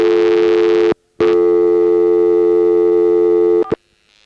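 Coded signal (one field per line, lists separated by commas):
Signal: telephone call progress tone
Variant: North America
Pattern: dial tone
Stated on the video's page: Senderized step-by-step telephone exchange in Washingtonville NY, 914 area.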